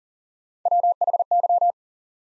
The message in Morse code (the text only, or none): WHY